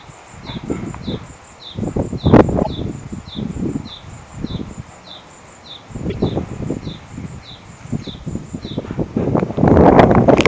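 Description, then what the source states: Great tit giving a high, rapidly repeated two-part call, a thin note followed by a lower descending one, cycling steadily throughout over rustling and low background noise. Great tit calling without pause for about ten seconds.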